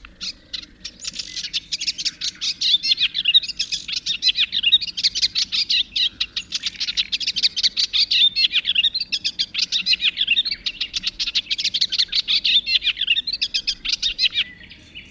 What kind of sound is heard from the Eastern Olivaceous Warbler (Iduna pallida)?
song